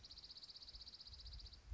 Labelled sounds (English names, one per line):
Dark-eyed Junco